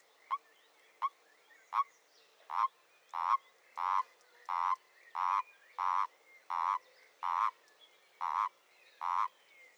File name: Oliver Swift Erdkröte